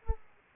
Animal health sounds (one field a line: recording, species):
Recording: mosquito wingbeat signal from an infrared sensor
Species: Aedes aegypti